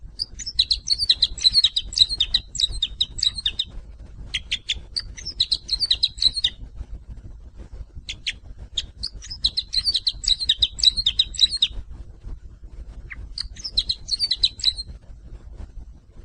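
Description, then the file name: Crossbill calls in bursts of sharp, high chipping notes separated by short pauses. "bec croises"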